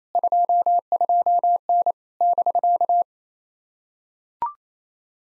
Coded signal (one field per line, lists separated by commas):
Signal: Morse code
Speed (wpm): 27 wpm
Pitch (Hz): 700 Hz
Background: none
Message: 22N <BK>